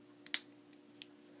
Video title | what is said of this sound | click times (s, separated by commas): Clean and Run Conserv Fan | that should snap into place | 0.3 s